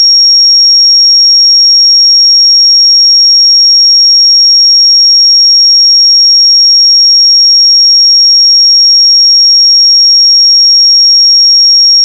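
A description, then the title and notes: A pure sine tone at 5575 Hz sounds steadily for the full twelve seconds, high and thin, with no change in pitch or loudness. Nothing else is heard behind it, and it cuts off abruptly at the very end. 5575 Hz 1 Hz Interval Sine Pure Tone Frequency 441000 Sample Mono.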